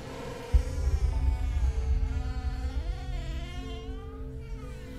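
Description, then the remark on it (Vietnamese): A buzzing like a swarm of mosquitoes beating their wings, heard at night in a closed 14th-floor apartment; a steady, droning whine, wavering slightly in pitch over a low hum, continuous for several seconds with no voices. “có lúc thì là tiếng cào lên lớp gỗ, có lúc thì tiếng vo ve như là tiếng cả đàn muỗi đang đập cánh, có lúc thì như là tiếng người ta rì rầm, rồi cả tiếng thở dài trong đêm.”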